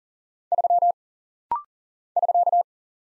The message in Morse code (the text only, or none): 3 <SK>